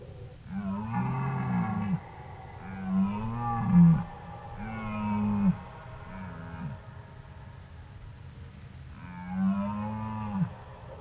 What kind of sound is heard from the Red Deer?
roaring